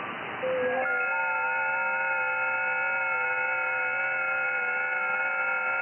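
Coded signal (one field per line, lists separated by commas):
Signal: FT8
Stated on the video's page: Live HF stream hunting park activations during a state QSO party weekend, rough conditions.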